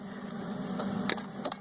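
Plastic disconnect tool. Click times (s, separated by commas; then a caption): 1.5 s. A plastic disconnect tool is pushed into the spring-lock coupling of a fuel line on the engine of a 2004 F150 Crew Cab 4x4 5.4 3V. Over a steady low hum, a small tap sounds at 1.1 s before a sharp click at 1.5 s. The click releases the coupling, fuel sprays out, and the line is pulled off.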